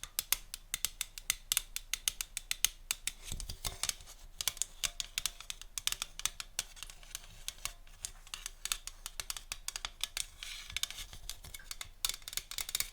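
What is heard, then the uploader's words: ASMR tapping: dense, irregular sharp clicks and taps with crisp bright tops continue throughout, like fingernails or scissors clacking, varying in loudness. ASMR Tapping (No Talking).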